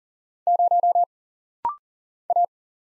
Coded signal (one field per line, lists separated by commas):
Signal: Morse code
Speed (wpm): 42 wpm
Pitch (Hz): 700 Hz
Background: none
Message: 0 A